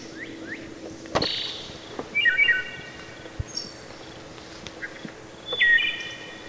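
Wood thrush singing two clear fluted phrases with a slurred, layered quality, separated by pauses, with a sharp knock and faint background hum.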